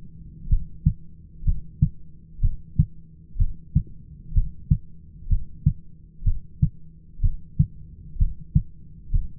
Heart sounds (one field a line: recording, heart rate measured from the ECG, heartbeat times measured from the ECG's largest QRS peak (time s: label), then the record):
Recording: heart sounds by stethoscope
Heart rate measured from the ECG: 63 bpm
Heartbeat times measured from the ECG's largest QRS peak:
0.50 s: heartbeat
1.46 s: heartbeat
2.43 s: heartbeat
3.39 s: heartbeat
4.35 s: heartbeat
5.30 s: heartbeat
6.26 s: heartbeat
7.23 s: heartbeat
8.19 s: heartbeat
9.13 s: heartbeat
From the record:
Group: heart failure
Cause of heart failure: idiopathic cardiomyopathy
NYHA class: 1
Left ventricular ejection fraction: 50%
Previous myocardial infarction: absent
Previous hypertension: absent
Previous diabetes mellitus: absent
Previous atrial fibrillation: absent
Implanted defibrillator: absent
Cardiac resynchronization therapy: absent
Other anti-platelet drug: absent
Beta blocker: bisoprolol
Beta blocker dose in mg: 5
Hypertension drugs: candesartan, spironolactone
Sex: male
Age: 54 years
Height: 180 cm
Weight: 94.6 kg